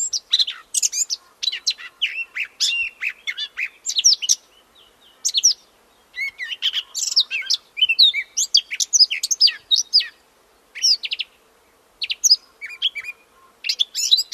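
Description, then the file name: Eurasian blackcap pouring out repeated phrases of fast, jumbled twittering and whistled notes, with brief pauses between phrases across fourteen seconds. "Sylvia atricapilla"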